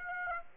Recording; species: mosquito wingbeat signal from an infrared sensor; Aedes aegypti